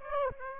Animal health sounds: mosquito wingbeat signal from an infrared sensor; Aedes aegypti

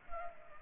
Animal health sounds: mosquito wingbeat signal from an infrared sensor; Culex pipiens

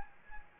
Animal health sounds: mosquito wingbeat signal from an infrared sensor; Anopheles gambiae

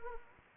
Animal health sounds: mosquito wingbeat signal from an infrared sensor; Anopheles arabiensis

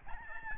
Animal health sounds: mosquito wingbeat signal from an infrared sensor; Aedes albopictus

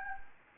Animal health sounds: mosquito wingbeat signal from an infrared sensor; Anopheles gambiae

